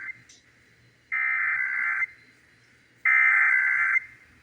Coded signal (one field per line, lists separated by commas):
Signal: Emergency Alert System (SAME) tones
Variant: header bursts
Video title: (EAS #904-911) July 2025 Texas Required Monthly Test